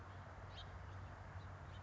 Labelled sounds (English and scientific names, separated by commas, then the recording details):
House Finch (Haemorhous mexicanus)
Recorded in Sonoma County, California